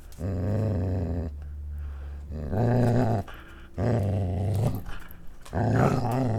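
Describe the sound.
Dog growling in low, rumbling bursts of about a second each, broken by short pauses.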